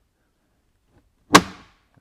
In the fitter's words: click into place, kapow.